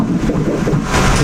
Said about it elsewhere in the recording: The ultrasound where we found out he was going to be a boy that's his heartbeat.